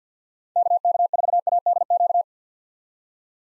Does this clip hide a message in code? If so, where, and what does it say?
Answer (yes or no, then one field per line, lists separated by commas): yes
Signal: Morse code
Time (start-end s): 0.6-2.2 s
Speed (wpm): 50 wpm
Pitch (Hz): 700 Hz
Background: none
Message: KK4ADQ